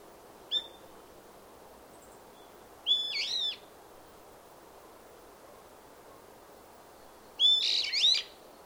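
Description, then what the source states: Bird calls: a brief high chirp followed by two louder, rapid warbling phrases a few seconds apart, over steady background hiss. Recorded in a forest in Sannohe.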